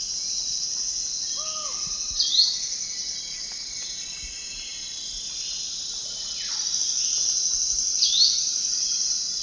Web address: Natures Songs S America Eastern Lowlands. Myiopagis gaimardii, call